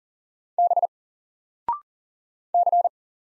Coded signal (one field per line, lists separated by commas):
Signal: Morse code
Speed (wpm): 40 wpm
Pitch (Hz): 700 Hz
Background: none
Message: B C